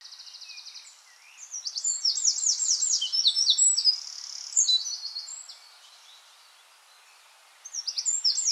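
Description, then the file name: Eurasian wren delivering an energetic high trilling phrase with dry rattles, then a quiet gap and the start of another burst at the end. "Troglodytes troglodytes"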